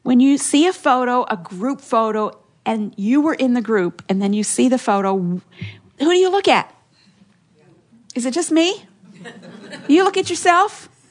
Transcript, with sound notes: When you see a photo, a group photo, and you were in the group, when you see the photo, who do you look at? Is it just me? (laughter) Do you look at yourself?